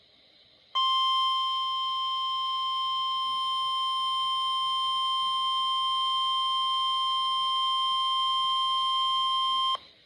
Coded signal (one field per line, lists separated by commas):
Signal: Emergency Alert System (SAME) tones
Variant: 1050 Hz attention tone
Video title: Severe Thunderstorm Warning EAS 132